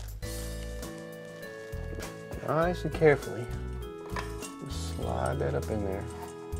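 A UV lamp is slid carefully up into the UV water sterilizer chamber of an iSpring whole-house water filter system (UVF), while someone talks over loud background music. Nothing has seated or clicked yet; the lamp is still being handled and is not home in the filter housing.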